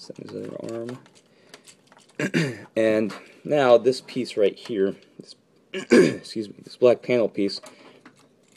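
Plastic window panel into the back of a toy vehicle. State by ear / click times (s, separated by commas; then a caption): not seated / none. Someone talks while handling the black plastic panel piece of a transforming toy vehicle, with a few faint sharp taps between about 1.5 and 2.1 seconds and another near 8.1 seconds. The plastic window piece is meant to lock into place at the back of the toy vehicle, but nothing has seated or clicked yet by the end of the clip.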